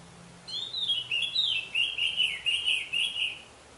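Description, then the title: Orange-headed thrush song: a continuous, varied warble of quick slurred whistled notes, rising and falling for about three seconds without pause. "Anis Merah"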